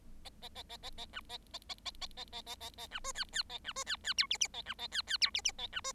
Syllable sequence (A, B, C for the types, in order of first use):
A A A A A A B A A A A A A A A A A B C D D A B C D D E F F A B A D D E F F A B C